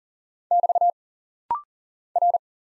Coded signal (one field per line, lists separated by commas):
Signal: Morse code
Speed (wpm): 40 wpm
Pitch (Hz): 700 Hz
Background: none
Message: <BT> R